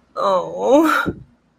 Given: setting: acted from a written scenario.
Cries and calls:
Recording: vocal sound without words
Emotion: guilt

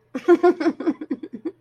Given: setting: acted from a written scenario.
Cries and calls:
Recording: vocal sound without words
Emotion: amusement

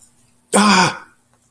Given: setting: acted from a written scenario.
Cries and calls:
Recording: vocal sound without words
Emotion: pain

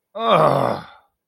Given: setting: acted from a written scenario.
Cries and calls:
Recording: vocal sound without words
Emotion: anger

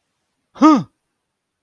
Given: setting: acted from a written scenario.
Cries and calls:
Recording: vocal sound without words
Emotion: negative surprise

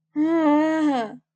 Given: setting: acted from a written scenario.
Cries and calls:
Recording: vocal sound without words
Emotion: disappointment

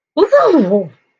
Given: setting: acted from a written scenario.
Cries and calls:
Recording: vocal sound without words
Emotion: ecstasy

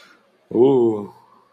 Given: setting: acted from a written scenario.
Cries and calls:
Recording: vocal sound without words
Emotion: romantic love

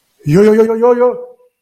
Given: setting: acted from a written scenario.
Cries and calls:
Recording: vocal sound without words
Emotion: distress

